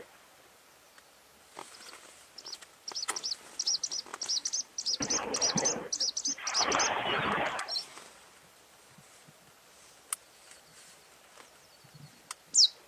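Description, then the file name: Bluethroat song: a rapid string of high ringing notes interrupted by two bursts of harsh, noisy rasping, then quiet with a few faint sounds. "gorge bleue"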